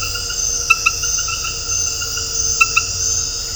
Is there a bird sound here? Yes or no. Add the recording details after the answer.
no. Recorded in dense forest near Puerto Asís, Putumayo, Colombia, on 4 March 2025 at 21:00. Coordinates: 0.468, -76.322. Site GP01